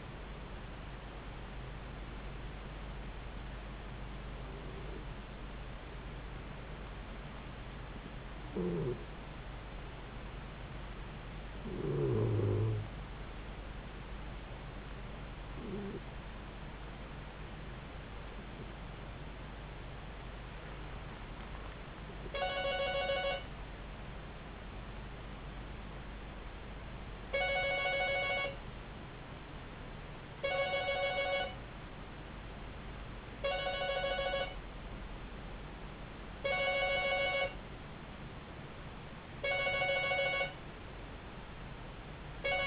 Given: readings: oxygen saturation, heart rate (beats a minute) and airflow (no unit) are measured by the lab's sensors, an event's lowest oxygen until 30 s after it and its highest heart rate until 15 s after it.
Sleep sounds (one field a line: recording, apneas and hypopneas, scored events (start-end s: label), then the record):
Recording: breathing in sleep by a voice recorder at the bedside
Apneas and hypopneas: 1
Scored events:
6.00-25.10 s: hypopnea (N1, oxygen 95% highest, then 90% lowest)
7.00-37.00 s: new sleep stage, N2 (light sleep)
37.00-42.67 s: new sleep stage, awake
40.00-42.67 s: awake
From the record:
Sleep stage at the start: N1 (lightest sleep)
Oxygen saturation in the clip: 90 to 95%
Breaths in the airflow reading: 9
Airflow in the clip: -6.5 to 7.6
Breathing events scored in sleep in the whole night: 270 in 6.1 hours asleep